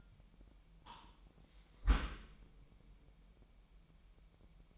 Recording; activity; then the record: daily activity, microphone in the room; close dishwasher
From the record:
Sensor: 1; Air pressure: 998.4 hPa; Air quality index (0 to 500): 138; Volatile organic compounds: 4 ppm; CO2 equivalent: 1649 ppm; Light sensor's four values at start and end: 16/55/22/22 and 16/55/22/22